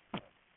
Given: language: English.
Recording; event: throat vibration sensor signal played as sound; cough